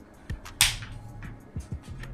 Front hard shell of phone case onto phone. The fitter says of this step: and then once you hear that click you know it's pretty much locked in so then you can see right here